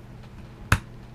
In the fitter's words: and just snaps right in there it's very firm press it's not going to come off